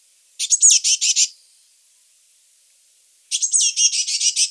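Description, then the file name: Eurasian blue tit giving two bursts of rapid, harsh, high-pitched notes separated by about two seconds of quiet, the second burst longer. "Cyanistes caeruleus"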